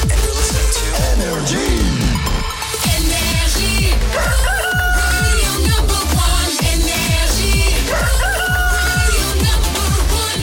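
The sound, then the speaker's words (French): A rooster crows with a rising and falling call near the start, set against loud, dense music with a steady, punchy beat that continues to the end. “Il est pile 6h qu'on amène le coq.”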